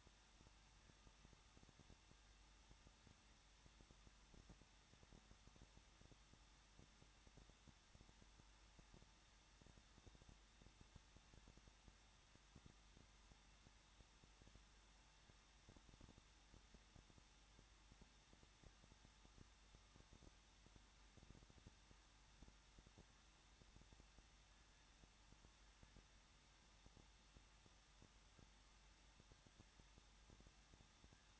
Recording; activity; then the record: daily activity, microphone in the room; no activity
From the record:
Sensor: 3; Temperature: 21.2 degrees Celsius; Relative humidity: 36.2%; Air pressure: 1006.4 hPa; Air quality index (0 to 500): 221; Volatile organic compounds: 39 ppm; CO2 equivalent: 3139 ppm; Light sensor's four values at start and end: 2/3/2/2 and 2/3/2/2